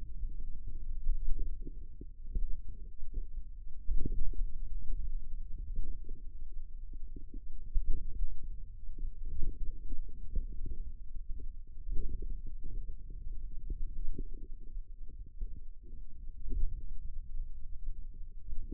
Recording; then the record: forearm muscle sounds (acoustic myography)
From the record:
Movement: finger pinch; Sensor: system 2, bracelet of six BSWA MPA416 microphones around the upper forearm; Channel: 5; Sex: male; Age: 22 years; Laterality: right